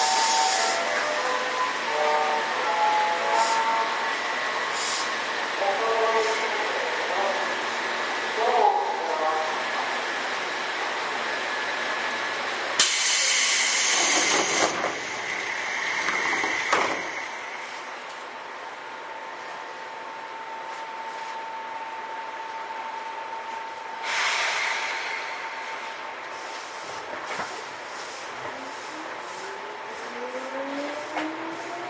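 A ride aboard an old Seibu 2000 series train, with a steady rolling rumble and a low hum for the first thirteen seconds. Loud clattering bursts come around 13–17 and 24 seconds, a thin steady whine runs through the middle, and a rising motor tone begins near the end.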